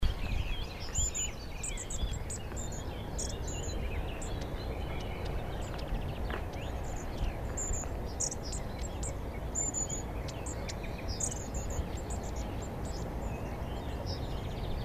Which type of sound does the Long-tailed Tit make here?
call